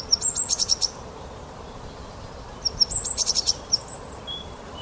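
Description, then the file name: Great tit calls: two bursts of high thin notes, each followed by rapid buzzy chattering strokes, over a steady hiss. "Parus major"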